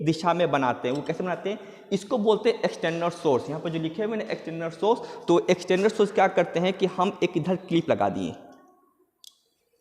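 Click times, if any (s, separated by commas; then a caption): 9.2 s. A locking piece is fitted into a kinematic link model during a demonstration of constrained motion. Someone talks until about 8.5 s, and after a short pause a sharp click sounds at 9.2 s. The link locks in place.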